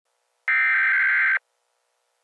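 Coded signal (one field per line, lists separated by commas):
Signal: Emergency Alert System (SAME) tones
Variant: header bursts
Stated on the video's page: Fictional EAS scenario set in a future of risen oceans.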